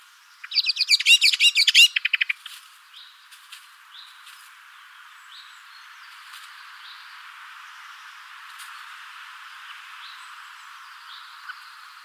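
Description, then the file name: Common blackbird harsh chattering call in a loud rapid burst over the first two seconds, then faint scattered notes over a steady background hiss. "Turdus merula"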